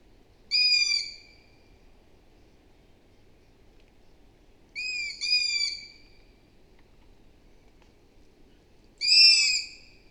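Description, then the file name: Long-eared owl giving high, rasping squeaks: a single call, then a quick double call, then another single, several seconds apart. "Hibou moyen-duc - Asio otus"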